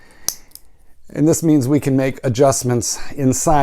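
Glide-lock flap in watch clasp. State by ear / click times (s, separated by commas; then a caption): seated / 0.3 s. After the bracelet size is adjusted, the steel glide-lock flap in a Rolex Submariner watch clasp is snapped back into place, giving a sharp click at 0.3 s and a fainter tick at 0.6 s. The flap seats back into position, and then someone talks.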